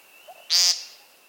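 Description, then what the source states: American woodcock giving a single short, buzzy nasal call with a harsh burst of sound, over a faint steady high whine in the background. Male at sunset in a clearing, giving a few sharp calls before taking off on its courtship display flight.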